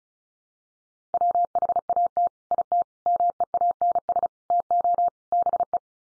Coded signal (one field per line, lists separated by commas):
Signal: Morse code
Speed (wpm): 34 wpm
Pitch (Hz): 700 Hz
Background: none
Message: WHAT IT MEANS TO BE